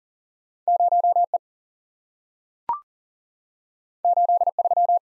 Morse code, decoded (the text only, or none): 0E 83